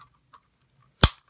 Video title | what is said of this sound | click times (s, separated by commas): X-Men Marvel Legends Juggernaut! Figure Review (BAF) Juggernaut! | there's a peg right here Clips in there | 1.0 s